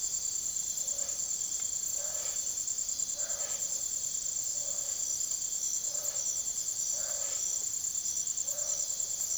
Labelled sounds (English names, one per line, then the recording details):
none
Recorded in secondary vegetation near Puerto Asís, Putumayo, Colombia, on 23 June 2025 at 05:00
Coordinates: 0.489, -76.322
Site G021